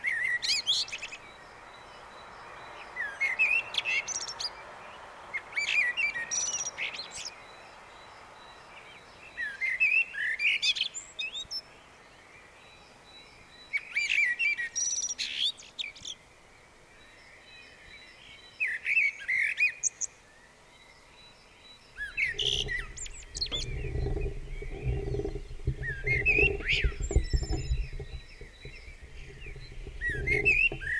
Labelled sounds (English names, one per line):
Common Blackbird song